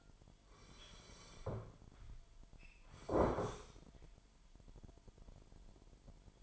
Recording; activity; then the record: daily activity, microphone in the room; sit down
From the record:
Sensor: 5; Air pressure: 998.7 hPa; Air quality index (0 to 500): 94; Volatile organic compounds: 2 ppm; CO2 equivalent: 1086 ppm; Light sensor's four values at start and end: 29/72/30/33 and 29/72/30/33